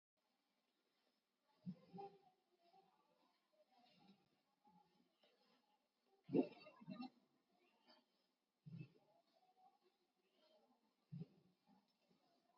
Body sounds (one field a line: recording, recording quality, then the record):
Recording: deep breathing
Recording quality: excellent, no background noise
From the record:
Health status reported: COVID-19 positive, mild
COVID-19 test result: positive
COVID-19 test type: RT-PCR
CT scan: taken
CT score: 16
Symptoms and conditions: cough, cold, fatigue, diabetes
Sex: male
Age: 43 years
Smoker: no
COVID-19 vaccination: both doses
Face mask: not worn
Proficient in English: yes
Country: India